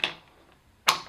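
With the rewind knob lifted, a 35 mm film canister is dropped into its chamber in an SLR camera body. Two sharp, bright mechanical clicks sound at 0.0 s and 0.9 s, with near silence between them. The canister locks into place, seated in the chamber.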